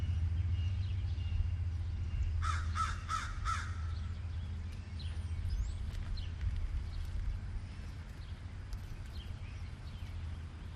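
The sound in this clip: Crow cawing, a quick series of four harsh, harmonic caws in about a second, over steady low rumble.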